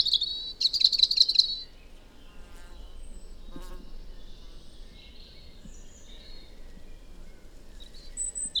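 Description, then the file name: European robin singing a burst of rapid high, trilling chirps in the first two seconds, then faint scattered high notes over quiet background hiss. "Erithacus rubecula"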